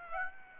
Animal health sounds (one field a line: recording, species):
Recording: mosquito wingbeat signal from an infrared sensor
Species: Aedes aegypti